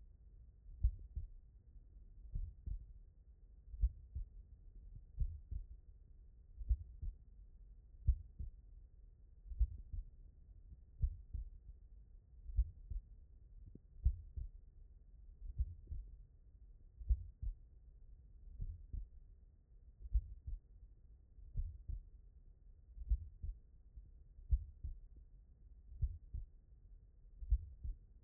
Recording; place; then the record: heart sounds by stethoscope; tricuspid valve (TV)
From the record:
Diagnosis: non-HFrEF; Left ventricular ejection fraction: 72%